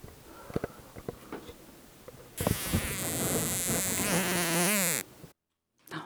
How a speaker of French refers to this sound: Ok, alors c'est une mouche dans ma chambre qui est en train de se faire attraper par une mini-araignée minuscule. Et tranquillement, elle l'emballe malgré tout. Alors la mouche se débat.